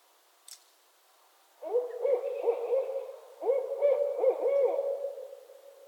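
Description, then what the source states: Barred owl breaks into a raucous series of slurred hoots after a short quiet start. Owls calling during mating season in northern Michigan.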